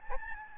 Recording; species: mosquito wingbeat signal from an infrared sensor; Aedes albopictus